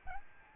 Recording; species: mosquito wingbeat signal from an infrared sensor; Aedes albopictus